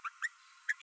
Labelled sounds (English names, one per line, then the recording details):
Green-rumped Parrotlet babbling
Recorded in a nest box in Venezuela
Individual 18B12A3